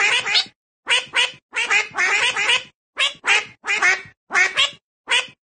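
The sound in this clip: Duck giving rapid, rasping quacks, mostly in pairs of notes, repeated steadily with brief pauses between pairs.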